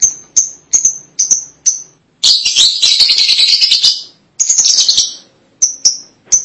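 Lovebird squeaks: a row of evenly spaced high chirps, then long stretches of harsh buzzing chatter, then more single sharp chirps.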